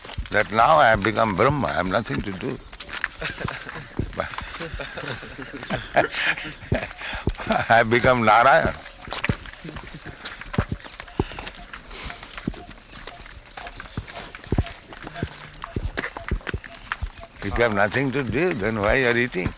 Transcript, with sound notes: that "Now I have become Brahman, I have nothing to do. [laughs] I have become Nārāyaṇa." "If you've got nothing to do, then why you are eating?"